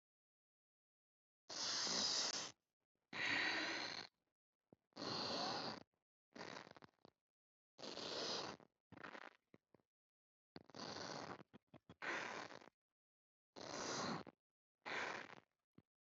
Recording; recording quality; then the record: deep breathing; excellent, no background noise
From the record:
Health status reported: COVID-19 positive, no symptoms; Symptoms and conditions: none ticked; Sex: female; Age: 23 years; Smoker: not ticked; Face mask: worn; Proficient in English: yes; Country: India